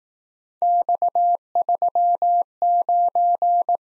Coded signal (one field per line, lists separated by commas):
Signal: Morse code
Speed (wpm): 18 wpm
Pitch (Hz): 700 Hz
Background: none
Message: X39